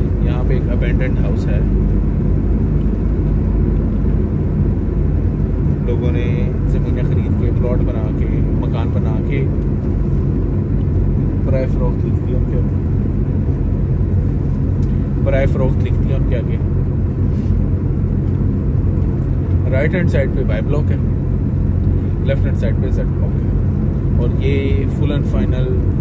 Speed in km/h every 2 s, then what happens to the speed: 33, 33, 32, 31, 31, 30, 30, 30, 29, 29, 30, 30, 30.
0-26 steady at about 30.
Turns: none.